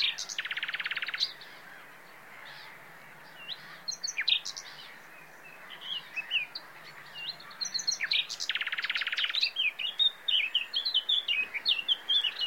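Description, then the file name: Common nightingale song: rapid buzzy rattling bursts near the start and again later, between scattered varied chirps and short whistled notes. "Luscinia megarhynchos"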